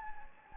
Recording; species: mosquito wingbeat signal from an infrared sensor; Anopheles gambiae